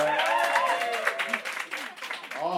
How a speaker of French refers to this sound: Les Saint-Laurentiens, Laurentiennes, on applaudit.